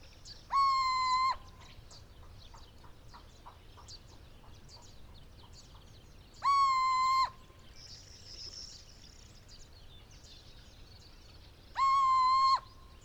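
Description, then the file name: Little owl hooting: three drawn-out, steady, clear hoots, each nearly a second long, evenly spaced several seconds apart over faint background hiss. Male of the saharae subspecies, hooting, recorded in Morocco. "Cucumiau Hooting of male saharae Morocco"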